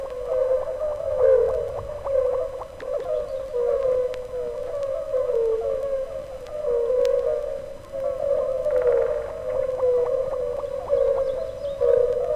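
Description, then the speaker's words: European fire-bellied toad calls, many mellow hoots overlapping into a steady unbroken droning chorus that swells and fades slightly throughout. Calling nonstop in pools left behind after a river flood. "Рядом, в оставшихся после разлива бочагах, не переставая, укают краснобрюхие лягушки, жерлянки."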